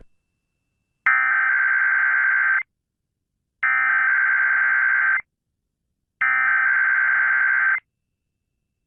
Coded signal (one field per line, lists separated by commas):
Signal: Emergency Alert System (SAME) tones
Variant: header bursts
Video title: EAS 2653-2655: KDKA RETESTS PROPERLY!!!!!